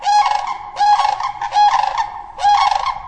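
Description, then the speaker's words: Sandhill crane flight calls: four loud rattling, trumpeting bursts, each under a second, repeated roughly every 0.8 seconds. Flight call, the call people are most likely to hear. "The most likely call of sandhill cranes that people will hear will be the flight call."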